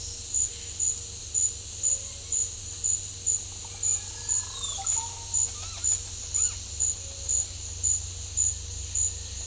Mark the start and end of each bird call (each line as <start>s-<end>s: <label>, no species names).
2.98s-6.55s: bird call